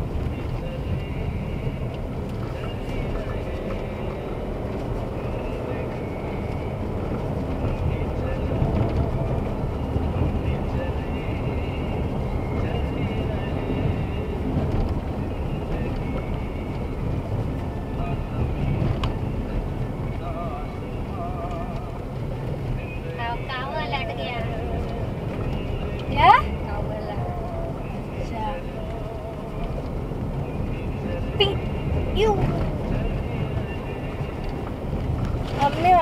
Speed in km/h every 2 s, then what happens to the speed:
42, 55, 67, 73, 75, 74, 69, 61, 57, 49, 43, 46, 52, 57, 57, 59, 58, 49.
0-7 speeds up to 75. 11-20 slows to 43. 20-30 speeds up to 59. 32-36 slows to 49.